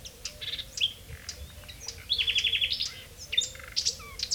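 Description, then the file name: Common nightingale song mixing scattered clicks and thin whistles with a rapid run of repeated notes in the middle, followed by sweeping whistled notes. "Luscinia megarhynchos"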